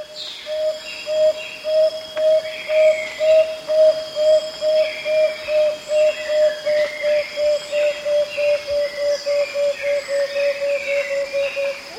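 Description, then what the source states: Striated antthrush song: a long, steady run of pure whistled notes on nearly one pitch, about two per second, with insects droning and other birds calling in the background. Recorded in South America.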